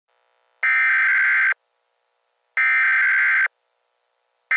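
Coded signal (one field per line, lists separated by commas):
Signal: Emergency Alert System (SAME) tones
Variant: header bursts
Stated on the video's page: Fake Severe Thunderstorm Warning alert, not a real broadcast.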